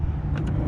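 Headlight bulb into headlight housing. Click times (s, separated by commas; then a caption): 0.4 s. A new headlight bulb is inserted into the headlight housing of a 2014–2018 Toyota Camry and twisted until it locks. Over a steady low rumble, a short click is heard at 0.4 s as the bulb seats in its locked position.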